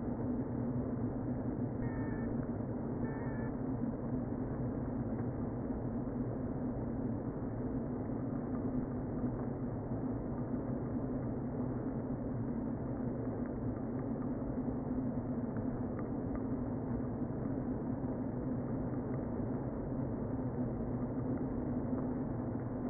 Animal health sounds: honeybee colony, microphone inside the hive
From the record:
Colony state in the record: queen present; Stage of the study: before two queens were removed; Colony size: about 60,000 bees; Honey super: yes

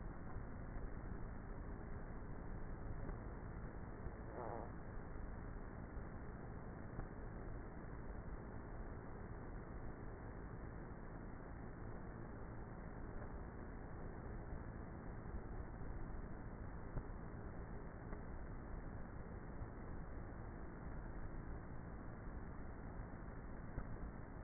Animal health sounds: honeybee colony, microphone inside the hive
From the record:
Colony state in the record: queenless with a low population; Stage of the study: before two queens were removed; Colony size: about 30,000 bees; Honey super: no

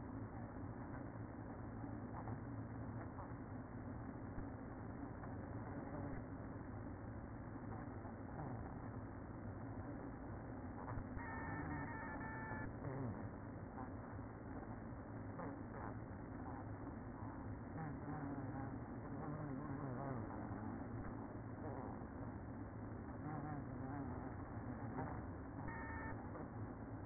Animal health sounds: honeybee colony, microphone inside the hive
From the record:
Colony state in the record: queen present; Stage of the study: after two queens were removed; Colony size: about 60,000 bees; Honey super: yes

